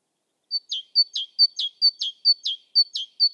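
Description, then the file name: Great tit repeating a whistled two-note phrase about six times, high thin note then a lower downward note, steady rhythm, nothing else audible. "Parus major"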